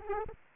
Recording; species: mosquito wingbeat signal from an infrared sensor; Aedes aegypti